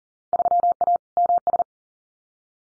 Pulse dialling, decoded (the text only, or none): none